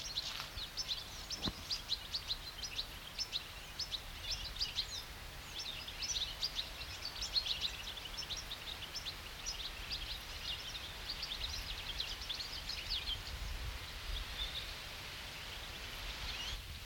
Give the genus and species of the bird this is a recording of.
Carduelis carduelis